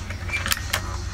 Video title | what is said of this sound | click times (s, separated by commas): Ruger Air Hawk Pellet Rifle Review Part 1 | and it locks in place once you hit there that means the Pistons | 0.7 s